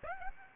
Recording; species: mosquito wingbeat signal from an infrared sensor; Aedes aegypti